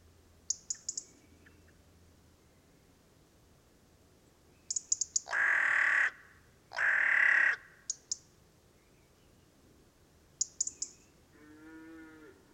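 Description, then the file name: Carrion crow giving two harsh caws in quick succession midway, surrounded by short high ticking notes, with a softer nasal tonal call near the end. "Corvus corone"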